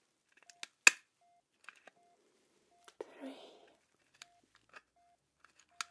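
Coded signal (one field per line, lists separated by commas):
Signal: none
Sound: a patient monitor's beeps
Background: speech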